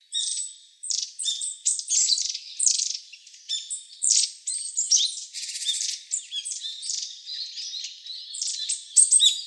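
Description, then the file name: Long-tailed tit calling almost nonstop, dense high twittering mixed with dry rattling trills. "enaga"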